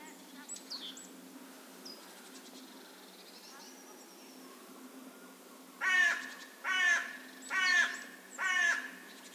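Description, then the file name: Carrion crow giving four harsh, hoarse caws in a steady series near the end, after quieter faint bird notes and chirps in the background. "Corvus corone"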